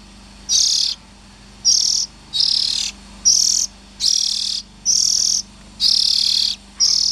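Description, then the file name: Oriental magpie-robin harsh calls: a series of eight buzzy, hissing bursts, each around half a second, roughly one a second, over a faint low hum. Young birds. "Tieng chim chich choe than non"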